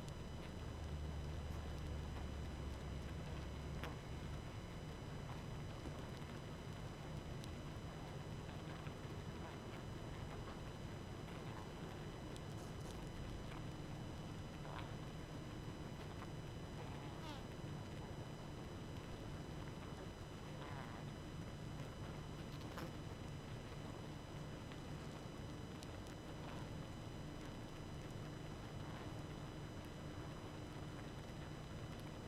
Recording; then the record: honeybee colony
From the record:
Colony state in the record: active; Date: 12 June 2018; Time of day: 20:34